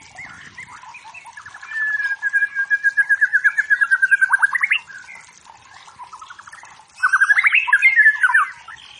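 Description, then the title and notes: White-rumped shama song, a long even series of rapid repeated notes, then a pause before a jumbled burst of rich, quickly changing whistled phrases. Wild forest white-rumped shama singing energetically; used as training song for competition birds, said to provoke fighting spirit. "Murai Batu Hutan. Murai Batu Gacor"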